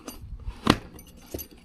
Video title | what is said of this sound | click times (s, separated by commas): 2024 Triumph Speed Twin Pannier Install Motone Spacers, Classic Rides Bags | Actually locks in place and can slide back and forth in case you got a uh a passenger with you. | 0.7 s